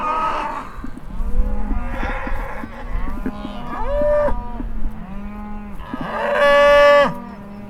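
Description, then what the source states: Cows mooing, several overlapping lowing calls from different animals, some deep and droning, ending with a louder drawn-out moo near the seven-second mark. A herd of cows mooing.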